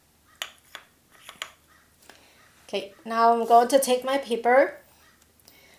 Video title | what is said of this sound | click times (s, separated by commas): Better Press | close the cap right away make sure you can hear the clicking sound it should be closed all four sides | 0.4 s, 1.4 s